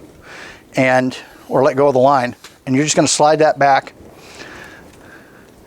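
Someone talks while the shooting line on an open track speargun is slid back by hand, ahead of pressing down the line release latch on the trigger mechanism. Only speech and faint handling sounds are heard, and nothing has seated or clicked yet.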